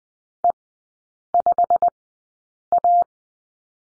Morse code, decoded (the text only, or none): E5A